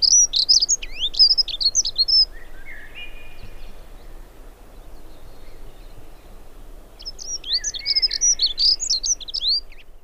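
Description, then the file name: Dunnock song, a rapid high jangling warble of thin squeaky notes, two bursts about two seconds long separated by a pause, with a lower buzzy trill and steady background hiss. "accenteur mouchet"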